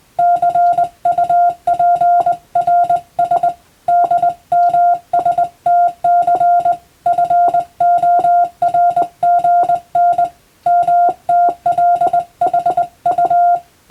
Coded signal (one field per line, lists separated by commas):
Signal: Morse code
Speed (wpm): 20 wpm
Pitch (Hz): 700 Hz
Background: none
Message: CUPRS DMSTC FORGN MTLHU